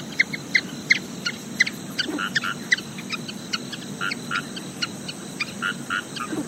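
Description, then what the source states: Taipei grass frog calls: short, sharp chirping notes repeated rapidly and irregularly. Taiwan.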